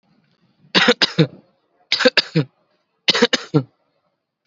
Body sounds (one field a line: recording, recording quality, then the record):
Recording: heavy voluntary cough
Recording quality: excellent, no background noise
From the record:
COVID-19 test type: RT-PCR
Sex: male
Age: 18 years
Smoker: yes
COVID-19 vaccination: both doses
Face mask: worn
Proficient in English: yes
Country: India